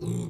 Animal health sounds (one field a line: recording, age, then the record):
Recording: pig call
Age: weaner (32 to 43 days)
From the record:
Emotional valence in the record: negative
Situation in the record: short isolation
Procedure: open field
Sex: female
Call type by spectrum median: low-frequency call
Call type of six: low-frequency stable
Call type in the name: low-frequency stable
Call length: 0.30 s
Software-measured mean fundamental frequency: 57 Hz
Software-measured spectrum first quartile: 149 Hz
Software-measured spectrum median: 250 Hz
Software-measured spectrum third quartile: 779 Hz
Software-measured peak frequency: 157 Hz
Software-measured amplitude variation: 125 dB a second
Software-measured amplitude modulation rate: 32.8 a second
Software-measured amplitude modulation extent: 3.8 dB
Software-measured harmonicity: 8.6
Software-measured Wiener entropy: -1.64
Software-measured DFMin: 1153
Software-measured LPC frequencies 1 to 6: 261, 2303, 3700, 4212, 5601, 6101 Hz